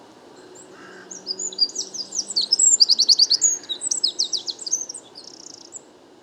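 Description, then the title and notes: Chaffinch song delivered as a jumbled, babbling string of high tinkling notes and short trills, rising in loudness at the middle and fading out. Bois de Vincennes, 16 February 2019; first song of the year, fine weather prompting song; somewhat confused, weaker than typical, small babbles, a courtship song to females around; Nagra recorder, mono parabolic microphone. "Premier Pinson des arbres 2019. Bois de Vincennes - 16 février 2019"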